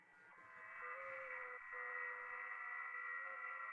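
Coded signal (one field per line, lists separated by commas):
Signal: FT8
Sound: many overlapping steady warbling tones at once, a chorus of squeals over hiss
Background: radio static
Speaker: sounds like a herd of cats being tortured or something did you hear there's just a bunch of squealing different tones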